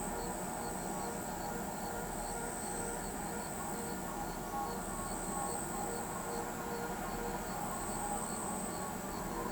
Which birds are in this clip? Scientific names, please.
none